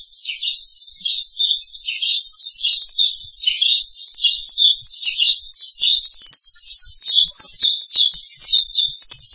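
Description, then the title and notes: Starling song of quick, wavering high notes strung together, starting slightly softer and then holding loud and continuous throughout. "suara burung jalak"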